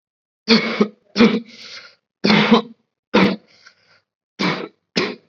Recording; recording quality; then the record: heavy voluntary cough; excellent, no background noise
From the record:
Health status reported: COVID-19 positive, mild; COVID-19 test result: positive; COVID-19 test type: rapid antigen test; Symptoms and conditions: fever, fatigue, muscle pain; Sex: male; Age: 18 years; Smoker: no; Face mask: worn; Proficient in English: yes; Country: India